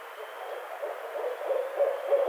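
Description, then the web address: Barred owl hoots, short low notes building in strength over a couple of seconds. 23 April 2009. "Barred Owl 2009 04 23 Barred Owl 01"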